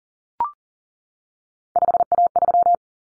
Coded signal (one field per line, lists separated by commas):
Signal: Morse code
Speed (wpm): 40 wpm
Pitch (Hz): 700 Hz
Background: none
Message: 5A3